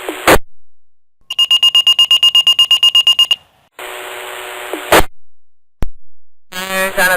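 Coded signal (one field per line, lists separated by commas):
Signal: pager alert tone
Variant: Motorola Minitor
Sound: about 16 fast high beeps, roughly eight per second, then hiss and clatter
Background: radio static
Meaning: Alert tone before a fire dispatch message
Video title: Firefighter Minitor Pager Prank Call 2 - Fake car fire call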